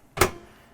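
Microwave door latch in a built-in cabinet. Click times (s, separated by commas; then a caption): 0.2 s. A built-in microwave in the cabinetry of a Sprinter 144 AWD Basecamper camper van has its door popped open to load food. A single sharp latch pop sounds at 0.2 s and decays over a short tail. The door latch releases and the door is open.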